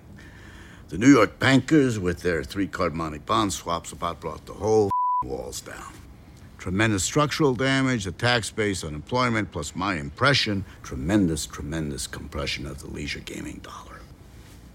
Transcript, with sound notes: The New York bankers, with their three-card-Monty bond swaps have brought the whole (beep) walls down, tremendous structural damage, the tax base, unemployment, plus - my impression - tremendous, tremendous compression of the leisure gaming dollar.